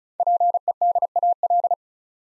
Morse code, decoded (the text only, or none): PEDAL